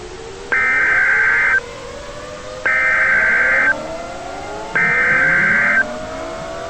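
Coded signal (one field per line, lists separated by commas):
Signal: Emergency Alert System (SAME) tones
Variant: header bursts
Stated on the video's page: Fictional EAS scenario.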